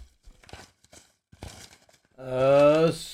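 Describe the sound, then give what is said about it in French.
Light, papery rustling comes in short irregular bursts as slips of paper are shaken in a hat for a random draw. A loud, drawn-out voiced sound follows and drowns it out. “Très bien, j'ai le chapeau, c'est à toi de choisir en premier, donc je commence à agiter et tu me dis stop.”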